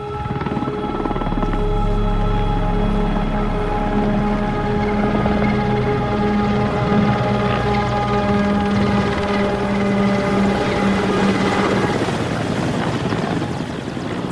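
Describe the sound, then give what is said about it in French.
A helicopter on a medical evacuation flight flies overhead with a steady, loud rotor drone and layered whining engine tones, holding constant for about twelve seconds before easing slightly at the end. No voices are heard. “Et on a attaqué les évacuations sanitaires avec les hélicos.”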